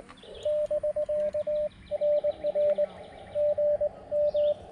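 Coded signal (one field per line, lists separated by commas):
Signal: Morse code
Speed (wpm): 22 wpm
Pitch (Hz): 590 Hz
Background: none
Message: <BK> NR GM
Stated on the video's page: Parks on the Air activation, struggling to reach 10 contacts.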